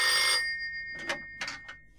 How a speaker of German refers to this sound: Hören Sie, das Telefon, was soll ich machen? Na Mensch, gehen Sie ran!